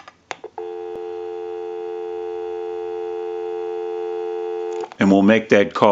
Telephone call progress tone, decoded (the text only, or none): dial tone